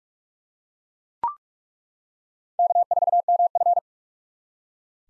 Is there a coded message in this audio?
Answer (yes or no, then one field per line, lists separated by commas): yes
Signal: Morse code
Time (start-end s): 2.6-3.8 s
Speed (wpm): 42 wpm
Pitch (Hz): 700 Hz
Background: none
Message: K4MF